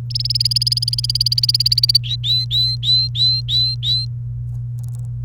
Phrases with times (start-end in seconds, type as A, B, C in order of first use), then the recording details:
0.10-1.98 A, 2.04-4.05 B. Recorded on 29 April 2018 at 09:10. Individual llb3